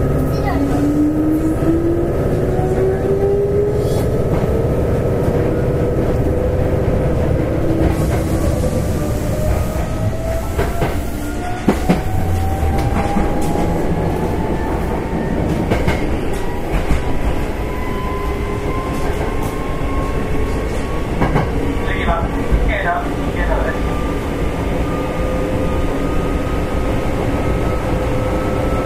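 Running sound aboard an express train on the Takarazuka Line: a steady, dense low rumble of wheels and motion fills the whole stretch. Gliding whine tones rise and fall slowly as the train runs, with occasional clicks and knocks from the track scattered throughout.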